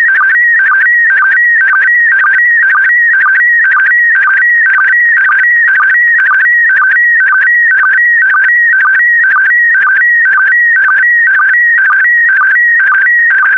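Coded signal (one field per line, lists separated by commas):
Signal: SSTV (slow-scan television)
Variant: PD120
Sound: warbling tone stepping between pitches, with a short low chirp about twice a second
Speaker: the next image transmission will start in 10 seconds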